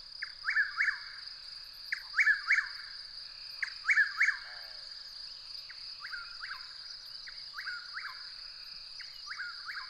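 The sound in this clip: Bird song: phrases of two or three clipped, downslurred notes repeated every couple of seconds, fading later, over an unbroken high steady whine.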